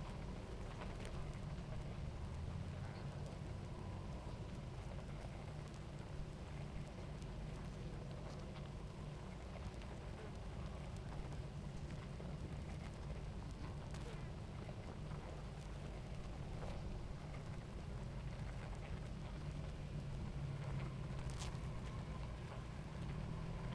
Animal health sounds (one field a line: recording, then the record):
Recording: honeybee colony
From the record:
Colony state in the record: active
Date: 28 July 2017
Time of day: 18:07